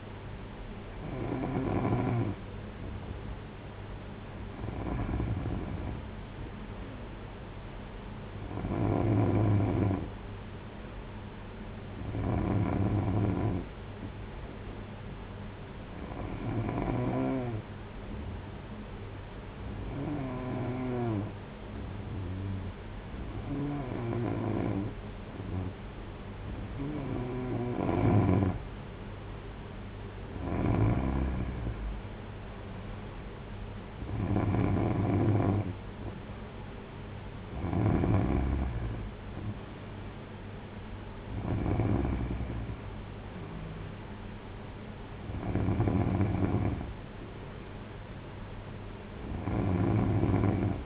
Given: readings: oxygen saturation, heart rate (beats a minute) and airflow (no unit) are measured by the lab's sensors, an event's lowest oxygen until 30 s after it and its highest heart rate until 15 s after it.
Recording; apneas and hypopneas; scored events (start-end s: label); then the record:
breathing in sleep by a voice recorder at the bedside; none
none scored
From the record:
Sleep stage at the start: N3 (deep sleep); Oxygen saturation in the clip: 92 to 94%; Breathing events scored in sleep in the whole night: 226 in 8.8 hours asleep